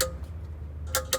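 A torque wrench with a 19 mm socket tightens the steel transmission drain plug on a 2007 Nissan Xterra until it reaches its set torque. Sharp clicks come at 0.0, 0.9 (0.95) and 1.1 s over a low steady hum, and the plug is confirmed torqued.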